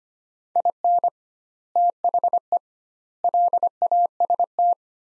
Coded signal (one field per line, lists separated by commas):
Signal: Morse code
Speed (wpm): 25 wpm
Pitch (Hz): 700 Hz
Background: none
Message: IN THE LAST